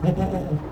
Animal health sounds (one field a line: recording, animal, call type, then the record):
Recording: contact call of a hoofed animal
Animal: goat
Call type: low-frequency (closed-mouth) or high-frequency (open-mouth) call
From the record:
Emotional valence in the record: negative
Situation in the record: food frustration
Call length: 0.73 s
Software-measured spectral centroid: 1210 Hz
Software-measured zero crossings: 770 a second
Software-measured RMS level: -23 dBFS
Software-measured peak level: -8 dBFS